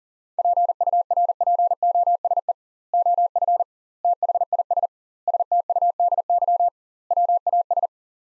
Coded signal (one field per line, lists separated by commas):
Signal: Morse code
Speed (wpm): 40 wpm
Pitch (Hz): 700 Hz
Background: none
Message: PURPOSE OF THIS STUDY WAS